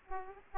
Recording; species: mosquito wingbeat signal from an infrared sensor; Aedes aegypti